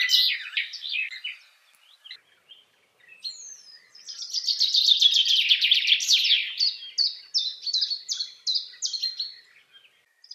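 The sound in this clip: Common chaffinch song: bursts of tumbling trills, then a long loud descending trill ending in a string of separate sharp notes.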